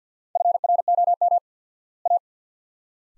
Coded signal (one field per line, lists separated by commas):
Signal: Morse code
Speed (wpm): 50 wpm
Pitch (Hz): 700 Hz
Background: none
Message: FROM A